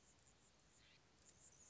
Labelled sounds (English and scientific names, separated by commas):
Anna's Hummingbird (Calypte anna)